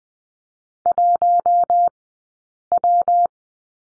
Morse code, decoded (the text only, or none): 1W